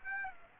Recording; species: mosquito wingbeat signal from an infrared sensor; Aedes aegypti